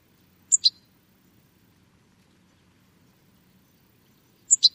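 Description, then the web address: Bird with two crisp, high double chips about four seconds apart, otherwise near silence. "Deverinetal. Bird Only"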